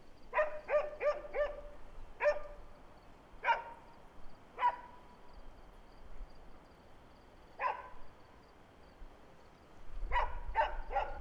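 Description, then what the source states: Dog barking: a quick run of four sharp barks, then single barks spaced a second or more apart, and a final cluster of three, over a faint high insect hum and a rising rumble of a passing car. Country atmosphere with crickets, a dog barking and a car passing.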